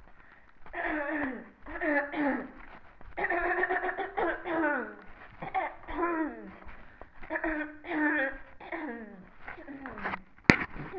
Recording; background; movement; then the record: throat clearing; quiet; walking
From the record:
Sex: female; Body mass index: 18.3 kg/m2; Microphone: on the chest, facing the body